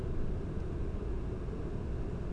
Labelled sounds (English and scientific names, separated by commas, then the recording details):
none
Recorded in Germany
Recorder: ecoPi